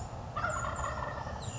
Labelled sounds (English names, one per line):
Wild Turkey